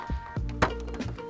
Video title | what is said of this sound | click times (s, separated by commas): NIU MQi+ Sport Review - An Electric Moped Loaded with Features! | satisfying little click and if it's not on all the way the lock won't let you take the key out | 0.6 s